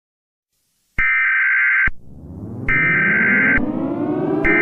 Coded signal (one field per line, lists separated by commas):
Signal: Emergency Alert System (SAME) tones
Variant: header bursts